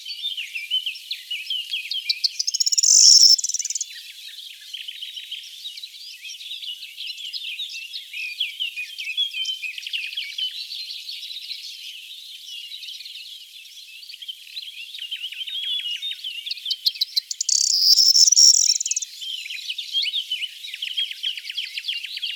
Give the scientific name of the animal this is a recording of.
Emberiza calandra